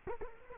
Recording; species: mosquito wingbeat signal from an infrared sensor; Culex quinquefasciatus